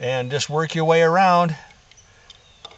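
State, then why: Partly seated. Someone talks while a new drive-side bearing is drawn onto the rotor shaft of a Denis Cimaf 180D mulcher. Then three short, sharp pops sound at about 1.9, 2.3 and 2.7 seconds as the bearing advances further onto the shaft. The bearing is still travelling and not yet fully home.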